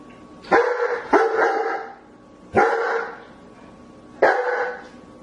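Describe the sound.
German Shepherd barks: a quick pair, then two more single deep woofs spaced over a second apart.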